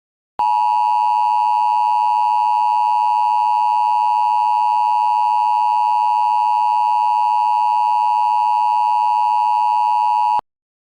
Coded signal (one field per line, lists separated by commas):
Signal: Emergency Alert System (SAME) tones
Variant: 853 and 960 Hz attention tone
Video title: EAS Mock - Severe Thunderstorm Warning for Massachusetts